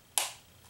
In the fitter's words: and then press it until you can hear a click.